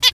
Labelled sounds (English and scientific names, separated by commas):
Zebra Finch (Taeniopygia guttata) hat call